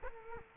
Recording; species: mosquito wingbeat signal from an infrared sensor; Culex quinquefasciatus